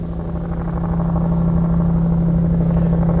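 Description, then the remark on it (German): A helicopter's loud, steady drone: a constant low hum over a dense rumbling wash that holds level throughout, with no voices. “Der Hubschrauber ist wieder da.”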